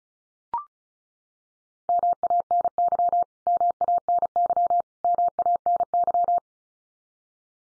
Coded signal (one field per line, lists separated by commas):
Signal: Morse code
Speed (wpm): 34 wpm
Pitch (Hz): 700 Hz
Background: none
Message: MANY MANY MANY